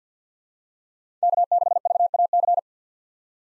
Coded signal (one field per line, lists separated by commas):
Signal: Morse code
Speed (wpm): 50 wpm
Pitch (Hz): 700 Hz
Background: none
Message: K6VAC